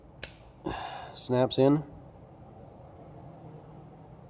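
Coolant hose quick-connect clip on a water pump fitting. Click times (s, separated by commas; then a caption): 0.2 s. A coolant hose quick-connect with its retaining clip is pushed onto the fitting of a new water pump on a 2011 Ford F150 5.0L (the pump also fits 2011–2014 Mustangs), replaced because these pumps leak, to prevent that future problem. A sharp, loud snap at 0.2 s marks the clip seating, after which someone talks over low background noise.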